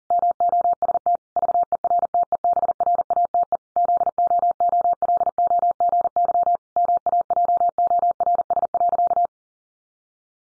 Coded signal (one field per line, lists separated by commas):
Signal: Morse code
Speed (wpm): 40 wpm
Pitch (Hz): 700 Hz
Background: none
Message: MOST VERTEBRATE ZOOLOGY MAJORS.